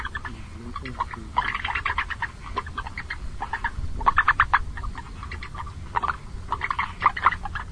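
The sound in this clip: Long-legged frog chorus: dense runs of quick knocking croaks, swelling and fading in bursts, over low background noise.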